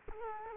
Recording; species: mosquito wingbeat signal from an infrared sensor; Culex quinquefasciatus